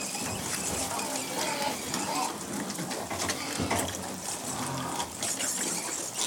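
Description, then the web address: Pigs feeding, a dense, steady wash of munching and shuffling noise without pauses. Domestic pigs being fed. "The BBC Sound Effects Library Livestock Feeding Pigs"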